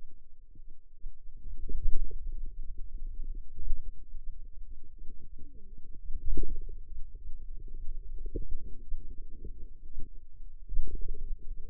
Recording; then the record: forearm muscle sounds (acoustic myography)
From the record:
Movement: finger pinch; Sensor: system 2, bracelet of six BSWA MPA416 microphones around the upper forearm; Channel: 5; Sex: female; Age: 21 years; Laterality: right